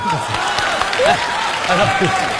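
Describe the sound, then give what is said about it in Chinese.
Steady, dense applause from a crowd welcoming a man to give his final statement fills the whole stretch at an even, fairly loud level, with some voices calling out over the clapping. “好，接下来咱们用掌声欢迎大叔做最后陈述。”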